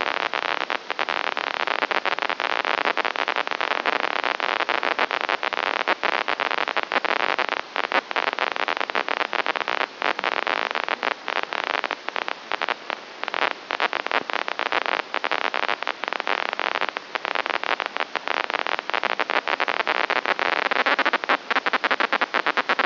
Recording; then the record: brain microelectrode recording played as sound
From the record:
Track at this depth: inside the subthalamic nucleus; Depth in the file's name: 4.502 mm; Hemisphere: left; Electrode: 2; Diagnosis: Parkinson's disease